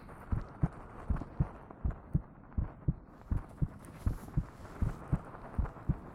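Soft, low paired lub-dub thumps repeat steadily at about 80 beats a minute, with a quiet hiss behind them. It is an ordinary, calm adult heartbeat heard up close, with the listener's head pressed against the chest, meant to help the listener relax.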